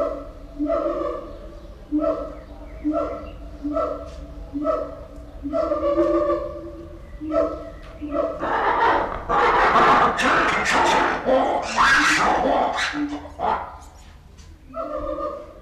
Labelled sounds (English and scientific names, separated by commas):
Siamang (Symphalangus syndactylus) call